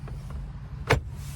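A dashboard trim piece on a Honda Element is pressed into the dash and snaps into place, with its screws still to be refitted. Over a low rumbling background there is a faint tap at 0.1 s, then one sharp, bright click at 0.9 s as the piece seats.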